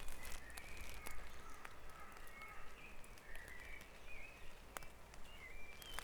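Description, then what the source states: Birds singing softly: short whistled notes and brief warbles scattered throughout over a steady low drone. Dawn chorus recorded at Back Dragon Avenue, Harrogate, as part of a sound map of Harrogate.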